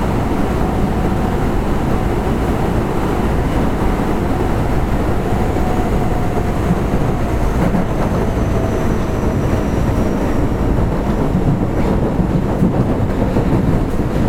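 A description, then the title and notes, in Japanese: A subway train runs steadily underground with a dense, constant low rumble, a faint whining tone, and occasional light rattles throughout. 大阪市営地下鉄の25系電車の走行音です収録区間は、なんばから玉川です。大阪市営地下鉄25系 千日前線 なんばから玉川まで。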